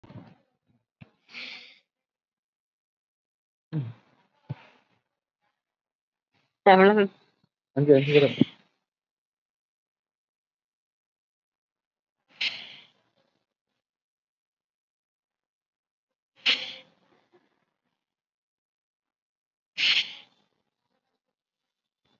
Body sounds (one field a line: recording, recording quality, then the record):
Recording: deep breathing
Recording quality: moderate, slight background noise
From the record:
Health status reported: COVID-19 positive, moderate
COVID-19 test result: positive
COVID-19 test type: RT-PCR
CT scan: not taken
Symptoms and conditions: cough, fatigue, muscle pain, pneumonia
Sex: female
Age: 68 years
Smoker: no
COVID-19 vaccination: none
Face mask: worn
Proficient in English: no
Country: India